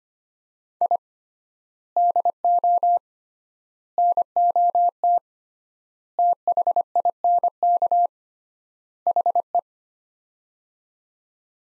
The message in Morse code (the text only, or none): I DO NOT THINK HE